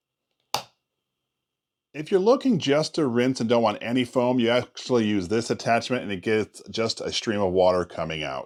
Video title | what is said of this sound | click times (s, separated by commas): SWIFT JET Car Foam Sprayer. Car Wash Foam Gun. DIY car wash [582] 💦 🚗 | you know it's in when you hear a click | 0.5 s